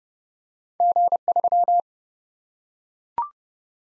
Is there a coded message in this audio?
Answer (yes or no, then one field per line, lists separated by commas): yes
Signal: Morse code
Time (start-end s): 0.8-1.8 s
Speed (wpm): 30 wpm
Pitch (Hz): 700 Hz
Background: none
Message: G3